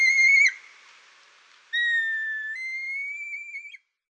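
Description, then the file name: Red kite giving clear whistled calls: a short whistle with a dropping end, then after a gap a long steady whistle that steps up and rises gently before cutting off. "kaniaruda"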